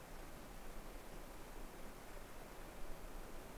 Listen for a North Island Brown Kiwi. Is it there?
no